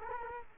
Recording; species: mosquito wingbeat signal from an infrared sensor; Culex quinquefasciatus